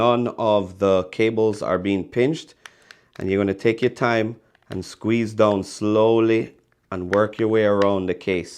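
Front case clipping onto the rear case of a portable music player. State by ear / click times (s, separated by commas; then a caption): not seated / none. The Bluetooth-modded front case of an iPod Classic is being squeezed down slowly onto its rear metal case, working around the edges so the clips engage, while someone talks throughout. No distinct snap or click is heard, and nothing has seated or clicked yet.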